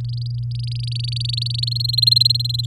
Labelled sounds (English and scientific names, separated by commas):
Domestic Canary (Serinus canaria) song